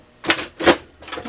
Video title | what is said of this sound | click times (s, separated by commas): Lexmark B2338 - How to Clear a Paper Jam - Onyx Imaging | you hear it click you know it's in there | 0.3 s